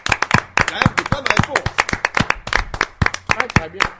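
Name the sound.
people clapping hands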